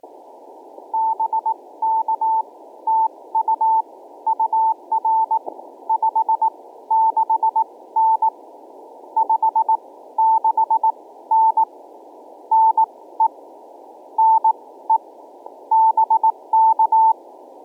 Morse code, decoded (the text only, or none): BK TU UR 56N 56N NE NE BK